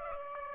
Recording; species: mosquito wingbeat signal from an infrared sensor; Aedes aegypti